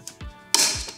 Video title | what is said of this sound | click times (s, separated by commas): NavVis VLX Unboxing Video | You'll get a click to know that it's properly sealed. | 0.5 s